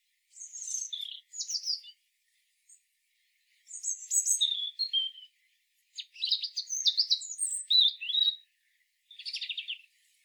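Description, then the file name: European robin singing clusters of high, thin, jingling notes and quick trills, grouped into short bursts with brief silences, ending in a buzzy trill. "Erithacus rubecula"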